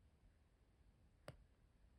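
A resin diamond-painting drill that at first would not clip into an adhesive diamond-painting canvas is pressed again. Against a quiet background, a single sharp, broadband click is heard at 1.3 s as the drill snaps into place, and it is seated.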